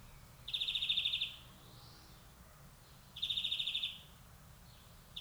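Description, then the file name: European greenfinch giving short rattling trills about every two and a half seconds, with a faint soft wheeze between them and a steady low hum. "Chloris chloris"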